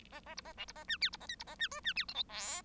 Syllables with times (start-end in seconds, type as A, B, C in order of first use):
0.11-0.20 A, 0.26-0.35 A, 0.36-0.41 B, 0.44-0.53 A, 0.57-0.65 C, 0.68-0.72 B, 0.75-0.84 A, 0.88-0.97 D, 1.01-1.10 E, 1.12-1.17 B, 1.20-1.26 A, 1.28-1.35 F, 1.39-1.44 B, 1.47-1.55 A, 1.59-1.68 D, 1.71-1.80 G, 1.84-1.93 D, 1.95-2.05 E, 2.08-2.14 H, 2.14-2.23 I, 2.28-2.62 J